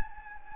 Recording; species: mosquito wingbeat signal from an infrared sensor; Anopheles gambiae